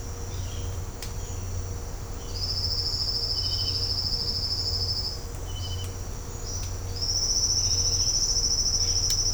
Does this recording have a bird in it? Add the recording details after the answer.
yes. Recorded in secondary vegetation near Puerto Asís, Putumayo, Colombia, on 20 December 2024 at 07:30. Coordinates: 0.502, -76.326. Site G028